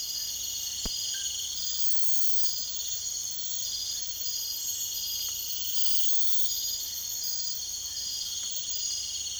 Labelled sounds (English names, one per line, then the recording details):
none
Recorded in secondary vegetation near Puerto Asís, Putumayo, Colombia, on 22 June 2025
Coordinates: 0.488, -76.319
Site G094